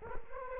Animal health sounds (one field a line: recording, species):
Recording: mosquito wingbeat signal from an infrared sensor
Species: Culex quinquefasciatus